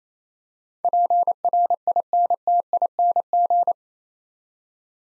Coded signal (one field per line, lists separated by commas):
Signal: Morse code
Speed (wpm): 29 wpm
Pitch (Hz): 700 Hz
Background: none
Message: PRINTING